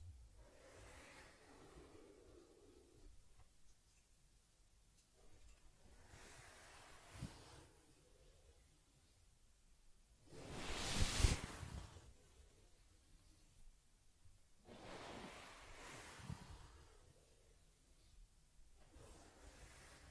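Soft brushing and rubbing sounds come in slow, repeated strokes over quiet gaps, with one louder scratchy rub just past the halfway point.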